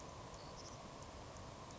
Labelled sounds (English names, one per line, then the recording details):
Savannah Sparrow
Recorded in Sonoma County, California